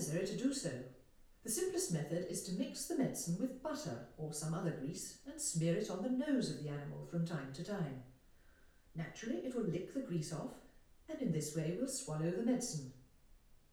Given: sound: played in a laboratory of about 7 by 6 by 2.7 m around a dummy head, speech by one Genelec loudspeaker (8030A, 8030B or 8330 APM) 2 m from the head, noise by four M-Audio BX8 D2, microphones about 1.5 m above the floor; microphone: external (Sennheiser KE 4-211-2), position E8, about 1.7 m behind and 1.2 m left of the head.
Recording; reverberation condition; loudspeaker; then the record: female speech in English; medium; 30 degrees to the right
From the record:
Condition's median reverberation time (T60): about 510 ms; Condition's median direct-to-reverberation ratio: about -0.5 dB